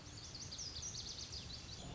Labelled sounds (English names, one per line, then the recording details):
Lazuli Bunting
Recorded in Sonoma County, California